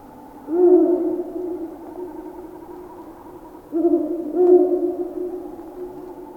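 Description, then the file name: Ural owl hoots: a deep, hollow hoot, then after a pause a pair of low, resonant hoots in close succession. "Digiffects Sound Effects Library - Ural Owl Whooing"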